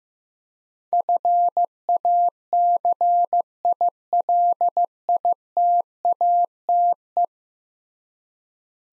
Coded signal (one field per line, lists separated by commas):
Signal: Morse code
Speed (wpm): 15 wpm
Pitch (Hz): 700 Hz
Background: none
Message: FACILITATE